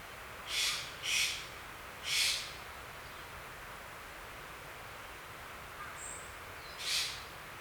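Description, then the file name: Eurasian jay rasping out four harsh, short screeches, three close together early and one after a long pause, over steady background hiss. "kakesu"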